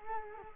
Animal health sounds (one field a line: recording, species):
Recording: mosquito wingbeat signal from an infrared sensor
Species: Culex quinquefasciatus